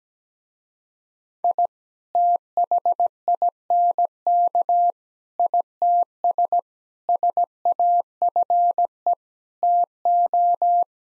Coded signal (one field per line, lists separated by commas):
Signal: Morse code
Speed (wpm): 17 wpm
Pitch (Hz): 700 Hz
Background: none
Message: I THINK ITS SAFE TO